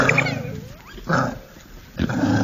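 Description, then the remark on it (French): Several African wild dogs (lycaons), a pack-living canid, call in a noisy, overlapping chorus of yips, whines and harsh growly bursts, with a rising whistle-like whine and a loud surge of sound near the end. “Non, c'est les licaons, ou chiens sauvages d'Afrique, qui est l'un des canidés les plus sociables et joueurs, oui, on dirait pas, mais oui, en vrai, puisqu'il vit en meute”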